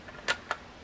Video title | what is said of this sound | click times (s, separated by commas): How To Make A LEGO RaspBerry Pi 2 Case | it snaps into place | 0.3 s, 0.5 s